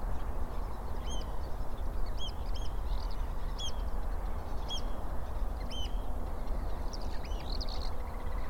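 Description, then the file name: Eurasian oystercatcher calls, sharp ringing notes at irregular intervals, then a faster cluster near the end, against a low steady roar. Several birds recorded at the Rye Harbour river mouth on 9 May 2022. "220509 0057 Rye Harbour river mouth Oystercatchers"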